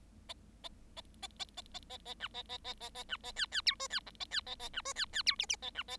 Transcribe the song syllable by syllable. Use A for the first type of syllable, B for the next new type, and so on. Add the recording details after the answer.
A A A A A A A A A B A A A A A B A C C D E C F A C A A B E C C D G G A B A. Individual Bird7